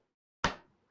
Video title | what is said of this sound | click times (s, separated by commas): NIMO N159 Gaming Laptop Review - AMD Ryzen 7 7735HS & Radeon 680M Graphics Dominance! | Oh, there it goes. I just heard it click. | 0.4 s